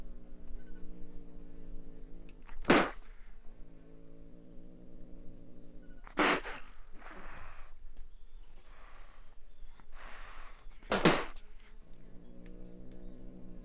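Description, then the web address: Wildcat giving three sharp spits, with breathy hissing after the middle one, between stretches of low growl. Captive wildcat at a zoo, recorded in 2009, dry spitting and hissing. "miskolcizoo 2009 standardt vadmacska"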